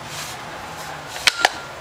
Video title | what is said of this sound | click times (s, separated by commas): Uncommon USA 20' Telescoping Flag Pole | and it pops right in. | 1.4 s